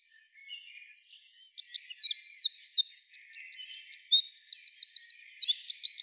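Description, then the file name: Eurasian wren song: soft chirps first, then a loud, fast outpouring of high twittering phrases and repeated rapid trills that continues to the end. "Troglodytes troglodytes"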